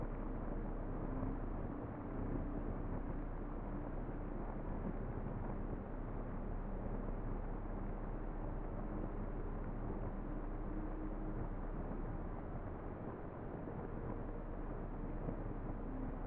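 Steady white noise runs unbroken for the whole stretch, thick and muffled, with the top end cut away and a deep rumble underneath. Faint held low tones drift through the hiss, and the level barely changes from start to finish.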